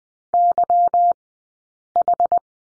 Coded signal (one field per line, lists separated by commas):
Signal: Morse code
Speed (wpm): 20 wpm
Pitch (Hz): 700 Hz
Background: none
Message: YH